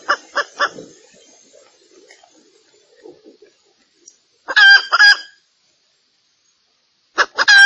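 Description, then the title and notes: Junglefowl clucks: a few quick notes, a quiet stretch, then two louder bursts of harsh clucking. Female junglefowl call used as a lure to attract males; said to draw dozens of males within two minutes. "Panggilan Ayam Hutan Betina. Cukup dua menit dengan suara ayam hutan betina bikin point puluhan pejantan. Pemikat Ayam Hutan"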